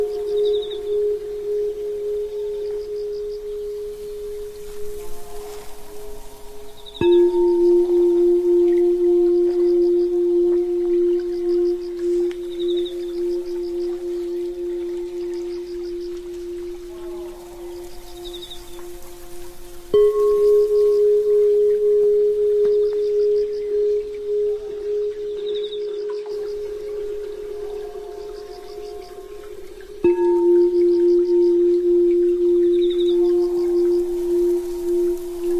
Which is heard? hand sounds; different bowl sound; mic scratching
different bowl sound